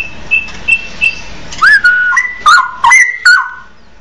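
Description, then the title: Oriental magpie-robin song: three soft high whistles, then louder phrases of level and falling whistled notes, some opened by a sharp click. "Kicau Kacer"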